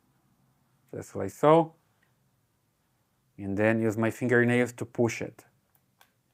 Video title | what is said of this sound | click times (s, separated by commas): Tapo C520WS Setup | Then I hear a click. | 6.0 s